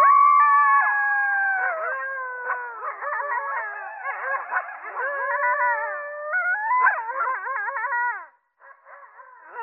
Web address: Coyote Howls